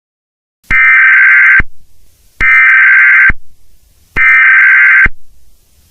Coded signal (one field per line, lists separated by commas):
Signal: Emergency Alert System (SAME) tones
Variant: header bursts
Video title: May 24 | An EAS Scenario